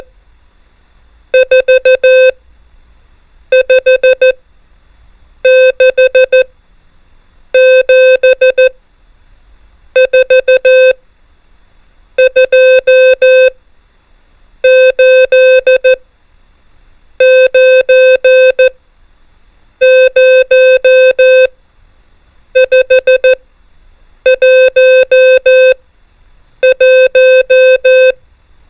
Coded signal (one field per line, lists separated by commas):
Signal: Morse code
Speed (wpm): 14 wpm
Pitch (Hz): 520 Hz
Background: music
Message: 4 5 6 7 4 2 8 9 0 5 1 1